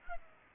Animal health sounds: mosquito wingbeat signal from an infrared sensor; Culex pipiens

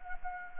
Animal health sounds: mosquito wingbeat signal from an infrared sensor; Anopheles gambiae

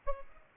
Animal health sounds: mosquito wingbeat signal from an infrared sensor; Aedes albopictus

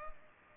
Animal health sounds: mosquito wingbeat signal from an infrared sensor; Culex pipiens

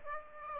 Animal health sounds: mosquito wingbeat signal from an infrared sensor; Aedes aegypti

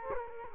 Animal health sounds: mosquito wingbeat signal from an infrared sensor; Culex quinquefasciatus

